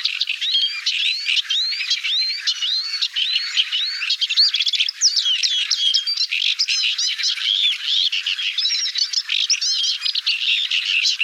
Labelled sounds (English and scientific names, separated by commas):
Paddyfield Warbler (Acrocephalus agricola) song